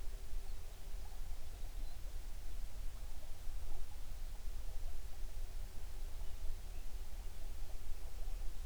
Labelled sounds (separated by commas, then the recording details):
bird
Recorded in the Prudhoe Bay oil fields, Alaska, on 11 June 2019 at 04:40
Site 21